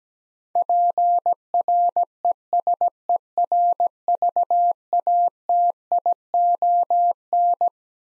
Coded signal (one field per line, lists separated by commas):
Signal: Morse code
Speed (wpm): 17 wpm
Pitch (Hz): 700 Hz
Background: none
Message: PRESERVATION